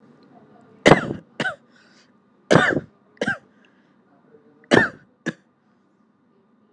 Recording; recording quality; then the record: heavy voluntary cough; excellent, no background noise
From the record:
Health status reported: exposed to COVID-19, no respiratory illness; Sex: male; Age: 31 years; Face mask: not worn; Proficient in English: yes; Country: India